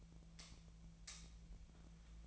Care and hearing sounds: daily activity, microphone in the room; light off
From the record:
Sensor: 1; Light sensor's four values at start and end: 46/132/54/61 and 35/89/37/45

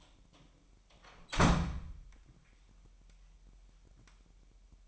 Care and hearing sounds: daily activity, microphone in the room; close door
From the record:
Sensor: 1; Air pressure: 998.4 hPa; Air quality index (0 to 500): 135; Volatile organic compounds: 4 ppm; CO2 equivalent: 1618 ppm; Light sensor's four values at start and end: 18/60/24/25 and 18/61/24/25

